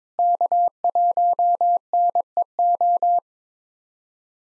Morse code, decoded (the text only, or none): K1NEO